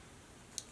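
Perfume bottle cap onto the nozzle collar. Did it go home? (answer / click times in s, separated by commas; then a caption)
no / none. A plastic cap is pushed onto a perfume bottle's nozzle, which has a ribbed collar the cap should lock onto. A brief, high-pitched tick sounds at 0.6 s against a quiet background. The cap does not lock and nothing has seated or clicked into place.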